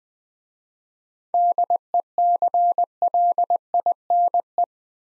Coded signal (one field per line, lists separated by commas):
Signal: Morse code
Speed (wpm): 20 wpm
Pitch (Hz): 700 Hz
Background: none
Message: DECLINE